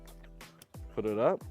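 A water hose is clipped down and pushed up into a water-fed cleaning tool while someone talks over background music. Light handling knocks are heard. The clip ends before the hose goes home, and nothing has clicked or seated yet.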